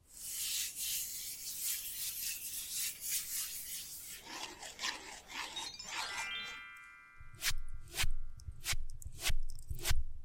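Rapid scratching and tracing fills the first six seconds with a dense, bright rasping texture. Around six seconds a short ringing tone rises in steps, then the sound shifts to a low rumble broken by sharp, evenly spaced taps about twice a second.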